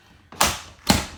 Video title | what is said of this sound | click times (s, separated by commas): RV conversion Pushing forward progress update | There, locks in place. | 0.4 s